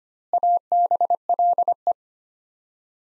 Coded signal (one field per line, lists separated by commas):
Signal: Morse code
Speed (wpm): 25 wpm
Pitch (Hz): 700 Hz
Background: none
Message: ABLE